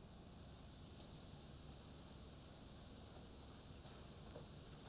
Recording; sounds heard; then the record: poultry house recording; no chicken sound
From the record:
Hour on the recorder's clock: 2